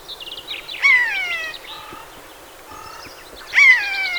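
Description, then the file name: Eurasian jay giving loud harsh calls with rich harmonics, two strong rasping notes about three seconds apart, with softer nasal notes between. "Garrulus glandarius"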